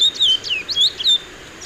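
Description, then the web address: Chestnut-bellied seed finch giving a short burst of several bright, slurred whistled notes before falling silent. Song recorded in the eastern lowlands of South America. "Natures Songs S America Eastern Lowlands. Oryzoborus angolensis, song"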